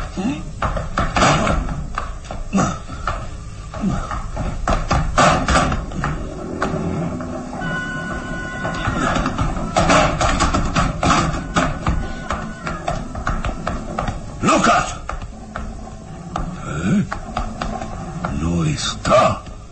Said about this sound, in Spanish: Eso ya lo veremos. Voy a forzar esta maldita puerta.